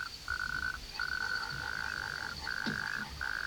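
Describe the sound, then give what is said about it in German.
A toad croaks in long, steady, buzzing trills at a fairly high pitch, four drawn-out bursts separated by brief pauses, with no voices and a faint, continuous high tone behind it. “Die Kröte ist unverwundbar und wird sehr alt.”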